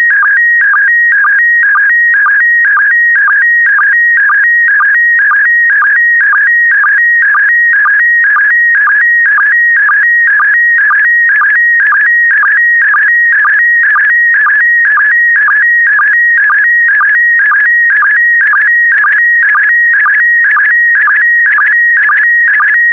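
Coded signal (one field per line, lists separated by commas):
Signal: SSTV (slow-scan television)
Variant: PD120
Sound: steady warbling tone with a short low blip about twice a second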